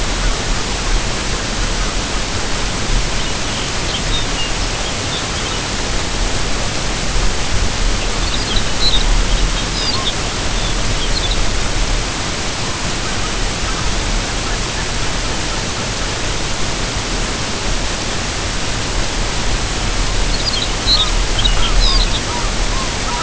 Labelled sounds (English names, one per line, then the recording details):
unidentified sound
Lapland Longspur
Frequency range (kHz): Lapland Longspur 2.2-5.8 kHz
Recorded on Arctic tundra, site UTQI-5, on 25 June 2018
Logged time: 10:00